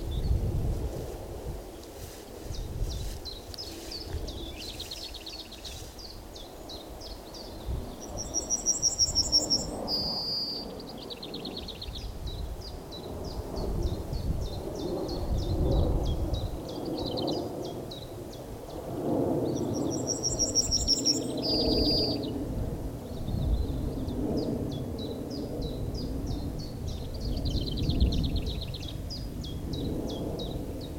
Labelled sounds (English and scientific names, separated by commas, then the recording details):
Yellowhammer (Emberiza citrinella)
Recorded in the wild
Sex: male
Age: adult
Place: Blankenfelde, Berlin, DE
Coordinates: 52.645, 13.395
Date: 1992-05-28 10:55
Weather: sonnig, 20-24 °C, böiger Ost-Wind
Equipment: Nagra SN, Mikrofon AKG CK 8, Kopie Tesla B 116
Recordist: Tembrock, Günter